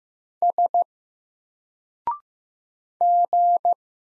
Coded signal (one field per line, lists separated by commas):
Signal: Morse code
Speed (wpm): 15 wpm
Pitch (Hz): 700 Hz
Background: none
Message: S G